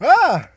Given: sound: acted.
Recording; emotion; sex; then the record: nonverbal affect burst; surprise; male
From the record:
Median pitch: 304 Hz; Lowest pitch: 129 Hz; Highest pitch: 475 Hz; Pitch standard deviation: 109 Hz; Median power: 75.8 dB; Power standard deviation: 15.9 dB